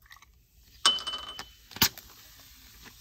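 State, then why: Not seated. A plastic cap is being snapped onto a film canister while a tablet fizzes inside, but it was not put on fast enough and the attempt fails. A sharp, ringing clatter is heard at about 0.9 s, followed by a smaller rattle and another sharp knock at about 1.8 s. The cap has not clicked or seated yet.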